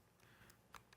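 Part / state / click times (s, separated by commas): gel filter holder onto speedlight flash head / not seated / none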